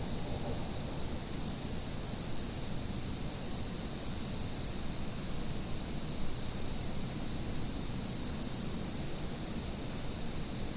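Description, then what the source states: A constant shrill insect trill holds throughout, punctuated by brief stuttering chirp bursts at uneven intervals, with soft low-frequency noise beneath. Autumn.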